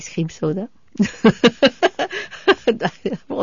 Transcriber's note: she laughs